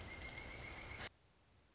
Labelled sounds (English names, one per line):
Pileated Woodpecker